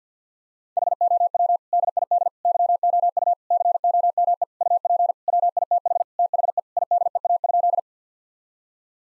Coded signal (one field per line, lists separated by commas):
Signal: Morse code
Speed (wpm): 50 wpm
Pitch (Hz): 700 Hz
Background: none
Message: HOW DID YOU COME UP WITH THE IDEA?